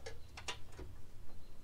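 An ignition coil and its boot are pushed down onto a spark plug in the engine head of a 2006–2014 Honda Ridgeline. Two short ticks at about 0.1 s and 0.4 s lead to a sharper, louder click at 0.5 s. The boot seats onto the spark plug.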